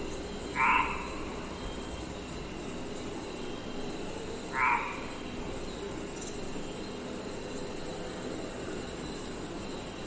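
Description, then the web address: Insects at night: continuous shrill buzzing throughout, with two short lower chirps over low background noise. "insects night loopable"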